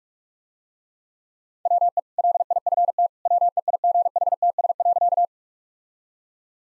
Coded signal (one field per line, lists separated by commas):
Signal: Morse code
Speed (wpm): 45 wpm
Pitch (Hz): 700 Hz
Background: none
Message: WE LIFT WEIGHTS.